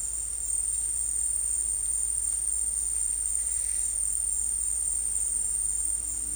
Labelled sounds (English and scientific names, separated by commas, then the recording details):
none
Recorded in secondary vegetation near Puerto Asís, Putumayo, Colombia, on 22 December 2024 at 13:30
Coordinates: 0.484, -76.319
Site GP06